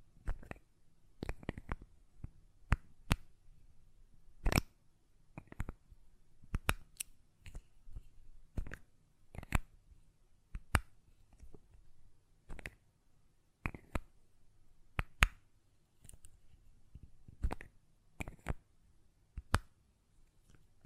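Glass perfume bottle tapping and lid sounds: sharp, bright clicks and taps arrive in uneven bursts, roughly one or two every second across the whole stretch. Some taps come in quick pairs, and a soft low rumble sits quietly underneath between hits.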